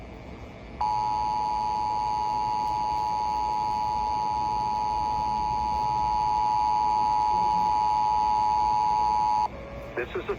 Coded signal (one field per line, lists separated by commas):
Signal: Emergency Alert System (SAME) tones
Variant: 853 and 960 Hz attention tone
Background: speech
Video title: [EAS #3265-#3266] Los Angeles Required Monthly Test (5/27/25)